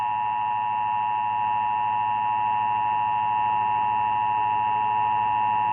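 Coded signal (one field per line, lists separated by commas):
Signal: Emergency Alert System (SAME) tones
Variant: 853 and 960 Hz attention tone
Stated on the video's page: EAS alert tones heard through DirecTV.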